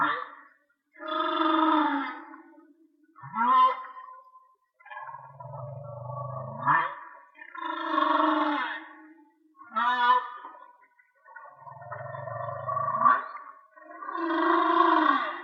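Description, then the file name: Whale song: a run of varied units, wavering harmonic wails alternating with low grunting rumbles and sharp upsweeps, repeating in a rough pattern. "Whale Song-colin"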